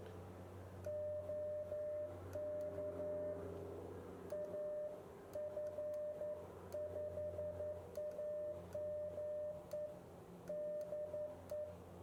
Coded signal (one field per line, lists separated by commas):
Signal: Morse code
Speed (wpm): 11 wpm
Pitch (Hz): 600 Hz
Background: none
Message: OK AF5AME DE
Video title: Ham Radio in 360 Virtual Reality | Elecraft KX2 | Garmin Virb 360